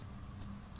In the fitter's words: Sampai dia bunyi tek. Ha, okey.